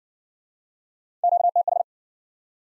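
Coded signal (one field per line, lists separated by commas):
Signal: Morse code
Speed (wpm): 52 wpm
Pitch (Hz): 700 Hz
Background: none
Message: QTH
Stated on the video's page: Morse practice in Speed-Racing format: starts fast and slows incrementally to a base speed, fastest being 1.5 times slowest; final repeat sent once at maximum speed.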